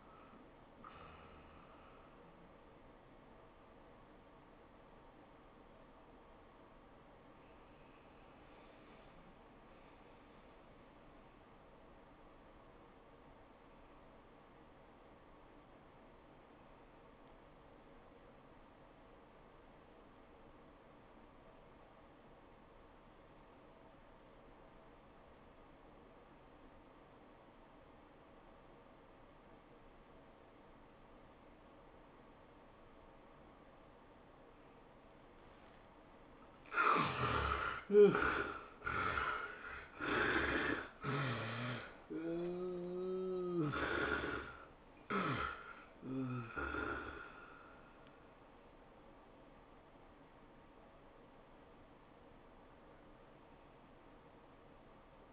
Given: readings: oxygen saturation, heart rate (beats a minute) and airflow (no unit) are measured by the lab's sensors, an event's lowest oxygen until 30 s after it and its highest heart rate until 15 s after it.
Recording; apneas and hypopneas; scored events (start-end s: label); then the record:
breathing in sleep by a voice recorder at the bedside; 1
5.00-38.20 s: hypopnea (REM, oxygen 97% highest, then 64% lowest, heart rate 99 at the start, 112 highest)
36.00-55.33 s: new sleep stage, N1 (lightest sleep)
From the record:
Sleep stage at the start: REM sleep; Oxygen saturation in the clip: 62 to 97%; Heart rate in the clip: 64 to 115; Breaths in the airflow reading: 9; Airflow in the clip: -14.3 to 12.2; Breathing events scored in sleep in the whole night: 403 in 5.5 hours asleep